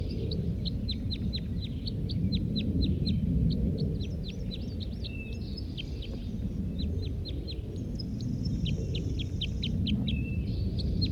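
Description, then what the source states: Red Crossbill song of fast repeated sharp notes in several bursts, against a continuous low-pitched rumble. Wild male, not yet captured, one of a group of three, singing from the top of a pine; recorded almost 8 a.m., June 1, 1983, down Poverty Hollow.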